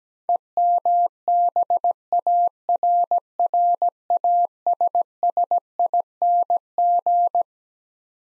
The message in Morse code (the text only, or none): EMBARRASSING